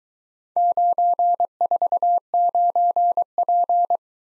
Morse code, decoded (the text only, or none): 949P